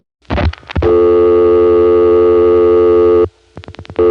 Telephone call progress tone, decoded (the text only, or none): dial tone